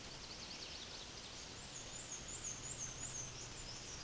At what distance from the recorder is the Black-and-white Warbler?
about 35 m